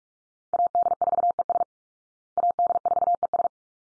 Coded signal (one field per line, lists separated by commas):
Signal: Morse code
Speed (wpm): 44 wpm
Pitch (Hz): 700 Hz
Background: none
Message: AD4ES AD4ES